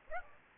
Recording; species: mosquito wingbeat signal from an infrared sensor; Aedes aegypti